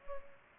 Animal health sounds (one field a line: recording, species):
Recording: mosquito wingbeat signal from an infrared sensor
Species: Culex pipiens